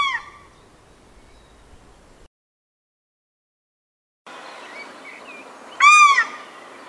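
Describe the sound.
Paradise shelduck calls: a loud, harmonic, downslurred note opens, then a stretch of silence, then another ringing, arched call near the end over soft background hiss.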